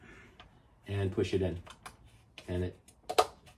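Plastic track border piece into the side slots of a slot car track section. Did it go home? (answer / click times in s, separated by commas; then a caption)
yes / 3.2 s. Someone talks while a plastic side border piece is lined up with the slots on the side of a 1/32 slot car track section and pushed in. A sharp click at 3.2 s marks it snapping home, seated very firmly and fitting flush to the track.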